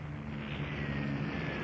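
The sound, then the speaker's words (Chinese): A steady, droning roar of aircraft engines with a low, throbbing hum and a faint high whine that slowly slides downward in pitch, holding loud and even throughout, from warplanes bearing Kuomintang emblems diving one after another to drop bombs. “和国民党徽的飞机一架架接踵而来，他们疯狂地俯冲投弹。”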